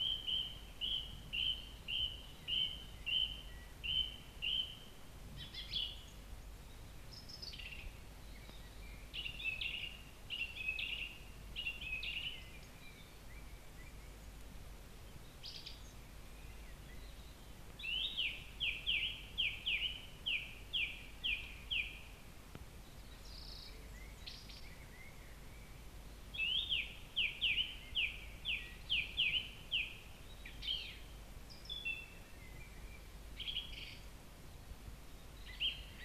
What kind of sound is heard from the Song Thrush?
song